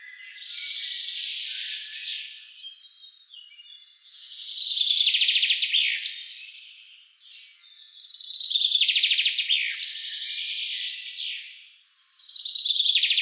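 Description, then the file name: Common chaffinch song: repeated falling trills with flourished endings, over continuous quieter twittering. "Fringilla coelebs"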